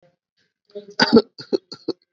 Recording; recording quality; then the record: shallow voluntary cough; excellent, no background noise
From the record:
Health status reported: COVID-19 positive, mild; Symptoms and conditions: cold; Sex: male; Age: 25 years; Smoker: not ticked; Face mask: not worn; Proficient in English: yes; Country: India